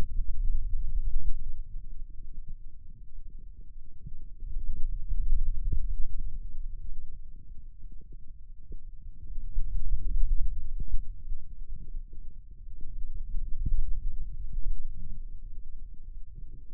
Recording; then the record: forearm muscle sounds (acoustic myography)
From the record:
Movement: finger pinch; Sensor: system 2, bracelet of six BSWA MPA416 microphones around the upper forearm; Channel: 1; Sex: male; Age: 22 years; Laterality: right